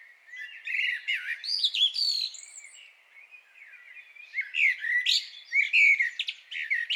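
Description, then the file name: Common blackbird song, a low flowing warble broken by higher squeaky notes, quieter in the middle and building again toward the end. "Turdus merula"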